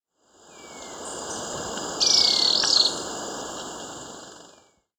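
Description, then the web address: Ecuadorian tyrannulet giving thin, high calls under a loud, constant shrill insect drone. "Birds of Ecuador 3-12 Ecuadorian Tyrannulet"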